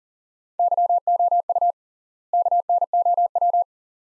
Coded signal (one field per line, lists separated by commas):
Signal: Morse code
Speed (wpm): 40 wpm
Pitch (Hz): 700 Hz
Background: none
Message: YOU KNOW